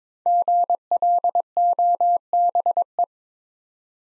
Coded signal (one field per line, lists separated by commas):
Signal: Morse code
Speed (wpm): 22 wpm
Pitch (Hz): 700 Hz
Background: none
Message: GLOBE